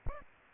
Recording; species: mosquito wingbeat signal from an infrared sensor; Aedes aegypti